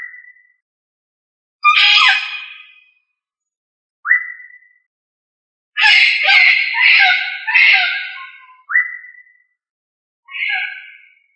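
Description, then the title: Australorp chicken giving harsh squawks in several bursts, with a few short rising whistled notes between them. "manok ostrali"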